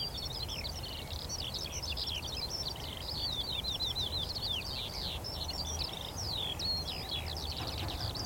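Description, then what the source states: Eurasian skylark song, a dense tumbling run of high chirps, slurred whistles and trills pouring on without pause over low background noise. Chorus of skylarks rising from young barley, singing exultantly while climbing ever higher into cloudy sky; vast open field, northern edge of the Cotswolds, South Warwickshire.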